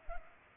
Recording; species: mosquito wingbeat signal from an infrared sensor; Culex pipiens